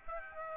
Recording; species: mosquito wingbeat signal from an infrared sensor; Aedes aegypti